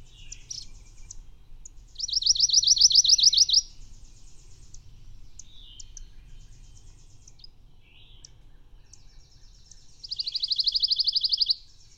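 Bird singing rapid high trilled phrases, loud bursts over a second long around two and eleven seconds, with softer thin notes between and a low rumble beneath.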